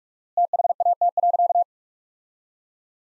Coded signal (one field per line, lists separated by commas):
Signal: Morse code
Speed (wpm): 46 wpm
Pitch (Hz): 700 Hz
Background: none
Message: THAT.